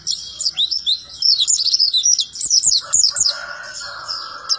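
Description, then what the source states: White-eye singing fast, high-pitched warbled chirps, notes sliding up and down in quick bursts, a steady lower tone sounding in the background toward the end. Song described as melodious and long.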